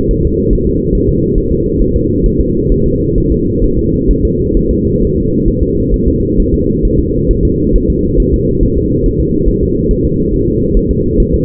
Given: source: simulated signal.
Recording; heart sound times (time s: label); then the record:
fetal heart sounds
0.11 s: S1
0.25 s: S2
0.53 s: S1
0.67 s: S2
0.95 s: S1
1.09 s: S2
1.38 s: S1
1.52 s: S2
1.82 s: S1
1.96 s: S2
2.26 s: S1
2.41 s: S2
2.72 s: S1
2.86 s: S2
3.18 s: S1
3.32 s: S2
3.64 s: S1
3.78 s: S2
4.11 s: S1
4.25 s: S2
4.57 s: S1
4.71 s: S2
5.03 s: S1
5.17 s: S2
5.48 s: S1
5.62 s: S2
5.94 s: S1
6.08 s: S2
6.39 s: S1
6.54 s: S2
6.85 s: S1
6.99 s: S2
7.31 s: S1
7.45 s: S2
7.76 s: S1
7.90 s: S2
8.20 s: S1
8.34 s: S2
8.63 s: S1
8.77 s: S2
9.06 s: S1
9.20 s: S2
9.48 s: S1
9.63 s: S2
9.91 s: S1
10.05 s: S2
10.34 s: S1
10.48 s: S2
10.77 s: S1
10.91 s: S2
11.20 s: S1
11.34 s: S2
From the record:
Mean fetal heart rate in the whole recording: 135 bpm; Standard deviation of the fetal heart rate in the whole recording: 3 bpm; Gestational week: 36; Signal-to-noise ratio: -10.2 dB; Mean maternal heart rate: 72 bpm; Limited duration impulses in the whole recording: present